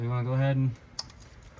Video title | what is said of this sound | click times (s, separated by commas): Valve cover gasket NC Miata MX-5 | them on like that hear a click now i'll grab a bolt | 1.0 s